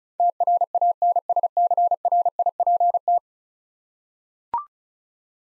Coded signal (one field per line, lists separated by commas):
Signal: Morse code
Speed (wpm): 36 wpm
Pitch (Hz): 700 Hz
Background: none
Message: TRANSCRIPT